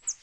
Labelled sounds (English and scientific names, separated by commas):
Northern Parula (Setophaga americana) flight call